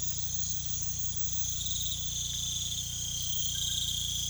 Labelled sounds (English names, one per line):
none